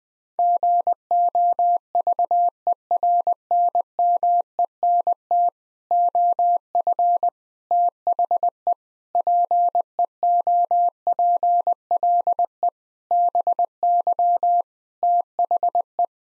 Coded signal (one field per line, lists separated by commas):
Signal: Morse code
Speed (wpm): 21 wpm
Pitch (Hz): 700 Hz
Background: none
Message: GOVERNMENT OF THE PEOPLE BY THE